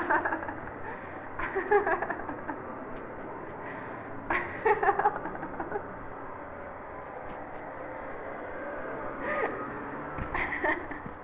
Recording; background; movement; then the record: laughter; traffic; sitting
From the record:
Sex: female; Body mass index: 18.3 kg/m2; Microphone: on the chest, facing the body